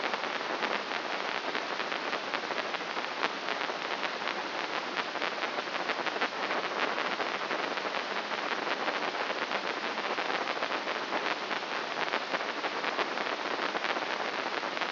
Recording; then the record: brain microelectrode recording played as sound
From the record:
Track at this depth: inside the subthalamic nucleus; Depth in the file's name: 5.029 mm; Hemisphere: left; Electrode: 3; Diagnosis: Parkinson's disease